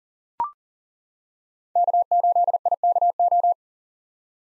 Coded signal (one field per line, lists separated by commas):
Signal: Morse code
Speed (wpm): 40 wpm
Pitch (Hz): 700 Hz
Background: none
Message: K8IKO